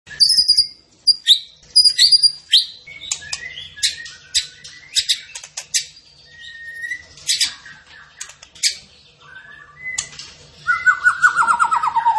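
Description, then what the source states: Zebra finch song of rapid high chirps and ticking notes, with short whistled phrases and a descending trill near the end. Training audio for cage birds; the bird is described as gacor, singing prolifically.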